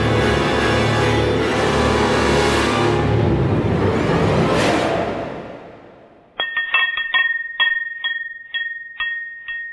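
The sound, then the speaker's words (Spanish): A dense, loud roar of street traffic with passing surges fills the first few seconds, then fades out as someone enters an antique shop, giving way to a bright, rhythmic tinkling of small bells at the entrance. “Sonó el tintineo de unas campanillas al entrar, dejando atrás el estruendoso ruido del tráfico.”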